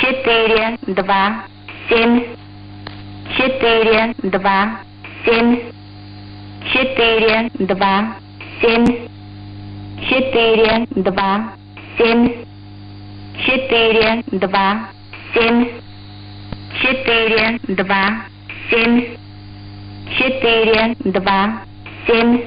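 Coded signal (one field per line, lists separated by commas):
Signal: numbers station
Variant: S06s Russian Lady, Russian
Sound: female voice reading short evenly spaced number groups with pauses between groups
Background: radio hum and hiss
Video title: 06 07 2021 Number station S06s Russian Lady in Russian to Eu 0730 on 7365 unknown tx site in CUSB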